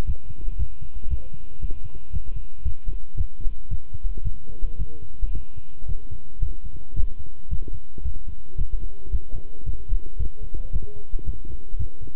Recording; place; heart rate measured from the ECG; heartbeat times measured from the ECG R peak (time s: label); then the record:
heart sounds by stethoscope; between the tricuspid and mitral areas; 113 bpm
0.07 s: heartbeat
0.59 s: heartbeat
1.10 s: heartbeat
1.62 s: heartbeat
2.13 s: heartbeat
2.65 s: heartbeat
3.17 s: heartbeat
3.71 s: heartbeat
4.25 s: heartbeat
4.79 s: heartbeat
5.34 s: heartbeat
5.88 s: heartbeat
6.42 s: heartbeat
6.96 s: heartbeat
7.51 s: heartbeat
8.04 s: heartbeat
8.58 s: heartbeat
9.12 s: heartbeat
9.66 s: heartbeat
10.19 s: heartbeat
10.73 s: heartbeat
11.26 s: heartbeat
11.79 s: heartbeat
From the record:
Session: walking at 3.7 km/h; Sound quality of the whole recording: good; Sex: male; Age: 25 years